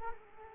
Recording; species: mosquito wingbeat signal from an infrared sensor; Culex quinquefasciatus